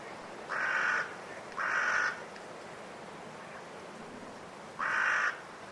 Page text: A group of five Carrion Crows in the trees, before roosting, during a blustery force 6 wind. Recorded in winter at Woodchester Park, Gloucestershire by Richard Margoschis. British Library